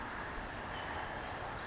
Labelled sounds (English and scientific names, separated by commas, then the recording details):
Pacific Wren (Troglodytes pacificus)
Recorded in Sonoma County, California